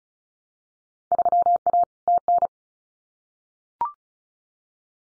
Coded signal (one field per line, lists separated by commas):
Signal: Morse code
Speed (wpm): 36 wpm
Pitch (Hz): 700 Hz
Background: none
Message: 3A TN